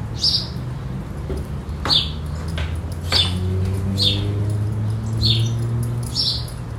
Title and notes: R. Antonio José Pilatti, 53-Bairro Vederti, Chapecó - SC, 89808-758, Brasil - Pássaros no campo. pássaros em uma área afastada da cidade entre araucárias, que representam a vegetação da região